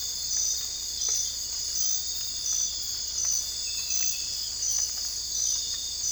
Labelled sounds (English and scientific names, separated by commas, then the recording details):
none
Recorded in dense forest near Puerto Asís, Putumayo, Colombia, on 20 December 2024 at 00:30
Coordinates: 0.485, -76.318
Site GP03